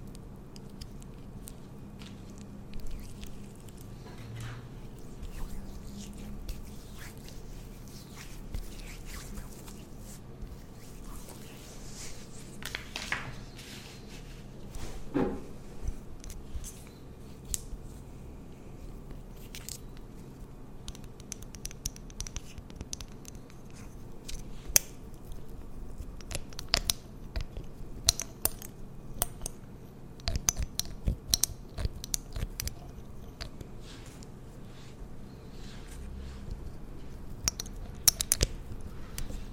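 Layered tingly sounds of skin and hair pampering: soft squishing, brushing and snipping over a steady low hum. Sharp little clicks and crackles come irregularly throughout, growing denser and louder in the last fifteen seconds.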